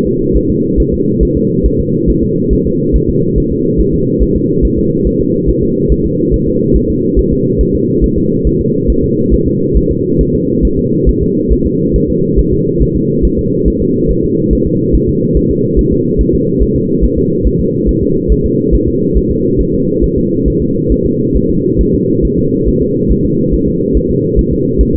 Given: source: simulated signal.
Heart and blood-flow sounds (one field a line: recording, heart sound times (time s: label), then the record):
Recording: fetal heart sounds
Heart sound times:
0.07 s: S2
0.37 s: S1
0.50 s: S2
0.80 s: S1
0.94 s: S2
1.23 s: S1
1.37 s: S2
1.66 s: S1
1.80 s: S2
2.10 s: S1
2.24 s: S2
2.53 s: S1
2.67 s: S2
2.96 s: S1
3.09 s: S2
3.38 s: S1
3.52 s: S2
3.80 s: S1
3.94 s: S2
4.23 s: S1
4.36 s: S2
4.65 s: S1
4.79 s: S2
5.07 s: S1
5.21 s: S2
5.49 s: S1
5.63 s: S2
5.92 s: S1
6.06 s: S2
6.34 s: S1
6.48 s: S2
6.76 s: S1
6.90 s: S2
7.19 s: S1
7.32 s: S2
7.61 s: S1
7.75 s: S2
8.04 s: S1
8.18 s: S2
8.47 s: S1
8.61 s: S2
8.90 s: S1
9.04 s: S2
9.34 s: S1
9.47 s: S2
9.77 s: S1
9.91 s: S2
10.21 s: S1
10.35 s: S2
10.65 s: S1
10.79 s: S2
11.09 s: S1
11.23 s: S2
11.53 s: S1
11.66 s: S2
11.96 s: S1
12.10 s: S2
12.39 s: S1
12.53 s: S2
12.82 s: S1
12.96 s: S2
13.25 s: S1
13.39 s: S2
13.68 s: S1
13.82 s: S2
14.11 s: S1
14.25 s: S2
14.53 s: S1
14.67 s: S2
14.95 s: S1
15.09 s: S2
15.37 s: S1
15.51 s: S2
15.79 s: S1
15.93 s: S2
16.21 s: S1
16.35 s: S2
16.62 s: S1
16.76 s: S2
17.04 s: S1
17.18 s: S2
17.47 s: S1
17.60 s: S2
17.89 s: S1
18.03 s: S2
18.32 s: S1
18.46 s: S2
18.75 s: S1
18.88 s: S2
19.18 s: S1
19.31 s: S2
19.61 s: S1
19.75 s: S2
20.04 s: S1
20.18 s: S2
20.48 s: S1
20.62 s: S2
20.92 s: S1
21.06 s: S2
21.37 s: S1
21.50 s: S2
21.81 s: S1
21.95 s: S2
22.25 s: S1
22.39 s: S2
22.68 s: S1
22.82 s: S2
23.12 s: S1
23.25 s: S2
23.54 s: S1
23.68 s: S2
23.97 s: S1
24.11 s: S2
24.39 s: S1
24.53 s: S2
24.81 s: S1
24.95 s: S2
From the record:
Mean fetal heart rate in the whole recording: 140 bpm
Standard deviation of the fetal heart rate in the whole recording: 2 bpm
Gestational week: 34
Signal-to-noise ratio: -11.2 dB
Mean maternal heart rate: 72 bpm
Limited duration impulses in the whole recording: present